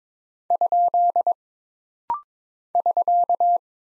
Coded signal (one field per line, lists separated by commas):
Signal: Morse code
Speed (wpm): 22 wpm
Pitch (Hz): 700 Hz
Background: none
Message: ? <SK>